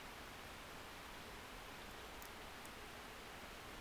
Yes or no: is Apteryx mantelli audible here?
no